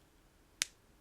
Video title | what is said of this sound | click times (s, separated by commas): Sephora Sale Try-On - Armani, Prada, Sarah Creal, Rare Beauty and More! | The other thing you want to keep in mind is you want to twist it all the way until it clicks closed because if you don't | 0.6 s